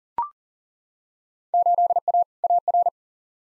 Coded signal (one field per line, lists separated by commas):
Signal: Morse code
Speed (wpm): 40 wpm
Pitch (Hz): 700 Hz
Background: none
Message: 8A AR